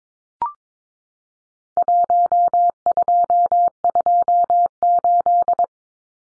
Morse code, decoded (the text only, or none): 1228